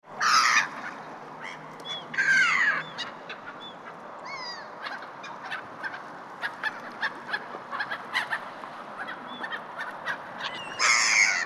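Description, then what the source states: Gulls giving harsh, raucous squawking calls in three loud bursts, two near the start and one at the end, with scattered short calls and a steady background hiss between them. Gulls recorded in a harbour.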